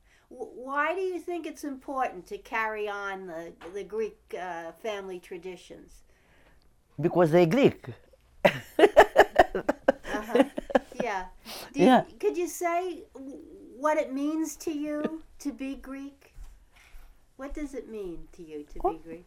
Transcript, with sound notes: Why do you think it's important to carry on the Greek family traditions?
Because they're Greek. ( she laughs )
Yeah. Could you say what it means to you to be Greek? What does it mean to you to be Greek?